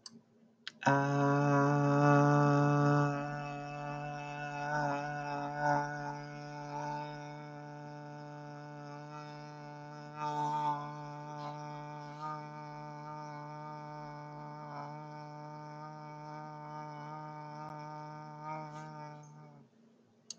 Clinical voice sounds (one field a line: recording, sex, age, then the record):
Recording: vowel held as long as possible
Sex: female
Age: 50 to 59 years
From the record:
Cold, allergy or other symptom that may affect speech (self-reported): no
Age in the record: 50 years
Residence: Illinois, United States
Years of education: 18